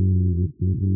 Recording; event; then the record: neck accelerometer signal played as sound; no cough (speech, laughter, throat clearing or background)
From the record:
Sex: male